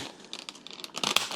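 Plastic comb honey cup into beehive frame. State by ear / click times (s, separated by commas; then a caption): seated / 1.1 s, 1.2 s. Plastic SimpleKomb comb honey cups are pushed down harder into a plastic beehive frame. Light crinkling and small ticks build up, then two sharp snaps at 1.1 s and 1.2 s. The cups snap into place, seated in the frame.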